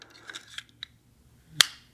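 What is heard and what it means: A fixed blade knife with a can opener and bottle opener is slid into its sheath, with a few faint ticks and scrapes as it goes in. It snaps home with a single loud, sharp click at 1.6 s, and the knife is seated in the sheath.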